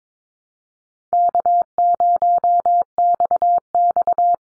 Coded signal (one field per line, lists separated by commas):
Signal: Morse code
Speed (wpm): 22 wpm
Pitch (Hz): 700 Hz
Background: none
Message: K0XX